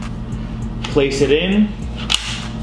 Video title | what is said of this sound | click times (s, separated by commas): HERPS Reptile Show in New Orleans! | it forward till you hear that click slide that forward slide that and then boom so | 2.1 s